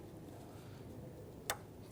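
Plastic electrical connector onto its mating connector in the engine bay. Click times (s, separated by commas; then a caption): 1.5 s. A plastic electrical connector is lined up on top of its mating connector in the engine bay of a 1992-1996 Toyota Camry during an ignition coil replacement and pushed down by hand. Over a steady low background hum, a single sharp, loud snap is heard at 1.5 s as it latches, and the connector is seated.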